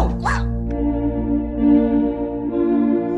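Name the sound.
dog barking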